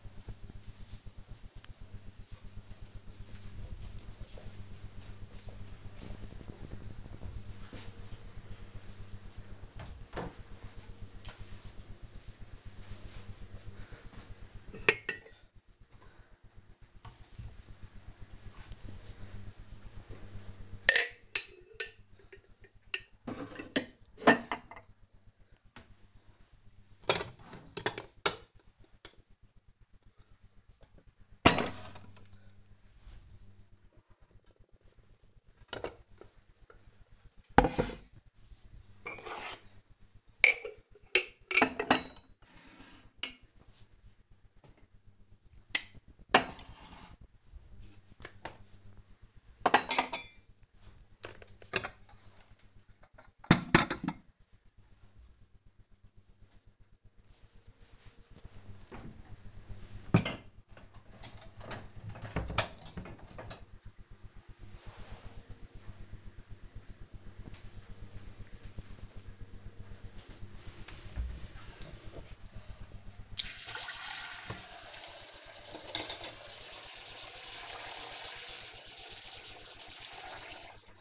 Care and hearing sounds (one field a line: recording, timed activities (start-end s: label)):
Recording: household activities, microphone on the right wrist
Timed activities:
15.76-60.09 s: putting away the dishes
73.18-81.01 s: washing dishes